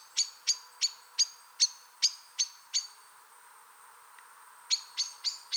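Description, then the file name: Common blackbird uttering hard, repeated chink notes at a steady pace, a quiet gap of about two seconds, then four more calls. "Turdus merula"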